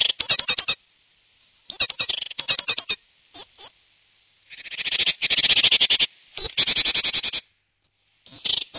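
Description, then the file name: Great tit churring: a series of harsh, rasping, buzzy bursts of varying length, broken by short silences. "koolmees"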